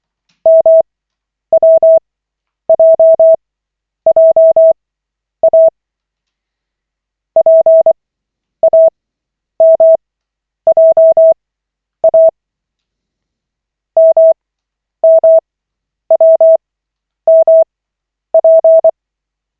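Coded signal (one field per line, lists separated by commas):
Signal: Morse code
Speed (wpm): 24 wpm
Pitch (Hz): 650 Hz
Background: none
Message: MWJJA PAMJA MMWMP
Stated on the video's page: Koch-method Morse practice at lesson 14 of 40, five-minute session from the LCWO website.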